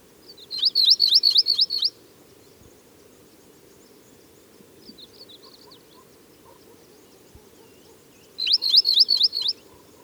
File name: Rosy Pipit